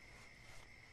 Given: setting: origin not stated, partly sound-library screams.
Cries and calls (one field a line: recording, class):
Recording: one-second piece from a danger detection set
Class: normal situation